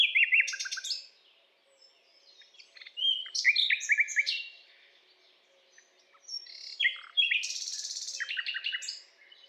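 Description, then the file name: Common nightingale singing varied phrases of whistles, chirps and rapid repeated notes, separated by short pauses, with a buzzy trill near the end. "Luscinia megarhynchos"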